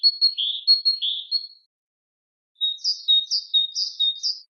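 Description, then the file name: Great tit singing two phrases: first a lower, slurred two-note pattern, then a brighter rapid series of paired high notes. "sinitsa bolshaya"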